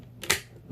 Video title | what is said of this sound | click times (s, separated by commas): Transformer Generation Power of Primes Evolution Optimus Prime(Orion Pax)Leader Class Review(Wave 1) | and you heard it click | 0.3 s